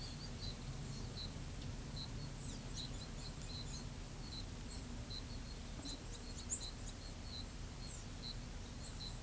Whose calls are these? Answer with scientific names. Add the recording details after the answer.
Quiscalus lugubris. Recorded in pastures near Pivijay, Magdalena, Colombia, on 4 June 2023 at 08:30. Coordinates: 10.456, -74.369. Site P6-G026